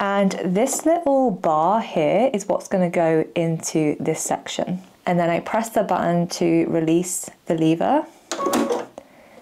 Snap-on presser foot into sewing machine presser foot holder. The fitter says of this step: and you can see it's now in place it kind of clicked in place if I lift it up you can see it's attached